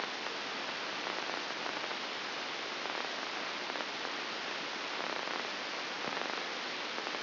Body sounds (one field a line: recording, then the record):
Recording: brain microelectrode recording played as sound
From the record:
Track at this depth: outside the subthalamic nucleus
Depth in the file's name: 7.86 mm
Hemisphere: left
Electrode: 2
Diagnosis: Parkinson's disease